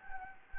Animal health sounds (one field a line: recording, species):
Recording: mosquito wingbeat signal from an infrared sensor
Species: Anopheles gambiae